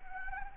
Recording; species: mosquito wingbeat signal from an infrared sensor; Anopheles arabiensis